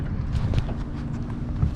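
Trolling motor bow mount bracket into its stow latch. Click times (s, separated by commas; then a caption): 0.6 s. A trolling motor bow mount's metal bracket on a 2023 Smokercraft 15 Resorter boat with an F50 Yamaha is lowered into its stow latch. A low rumbling background plays under a few knocks, with a click-like hit at 0.6 s as the latch catches. The bow mount is latched and seated.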